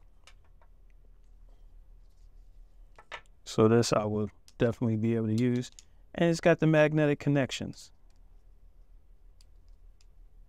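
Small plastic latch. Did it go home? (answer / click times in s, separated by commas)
yes / 9.4 s, 10.0 s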